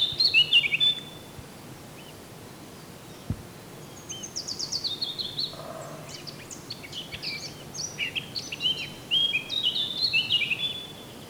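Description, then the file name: Eurasian blackcap warbling: fast, varied high chirps and twittering phrases that come in bursts, with a pause of a few seconds near the start and a soft background hiss. "Sylvia atricapilla"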